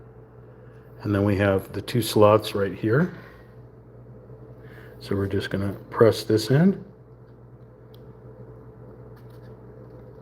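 Someone talks while handling a laser-cut MDF bookshelf piece with two pegs, lining it up to press into two matching slots of a miniature bookshelf model. After the talking, there is only a faint low hum. The piece has not seated or clicked into the slots yet.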